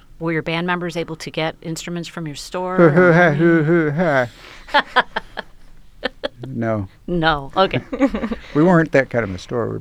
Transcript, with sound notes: Were your band members able to get instruments from your store?
[Laughter] No. We weren't that kind of a store.